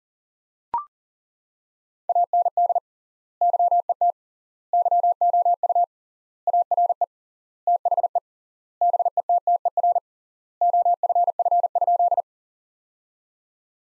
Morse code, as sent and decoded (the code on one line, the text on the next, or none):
.- -. -.. / -.-- . - / -.-- --- ..- / .- .-. . / - .... . / -... . - - . .-. / --- ..-. ..-. ..--..
AND YET YOU ARE THE BETTER OFF?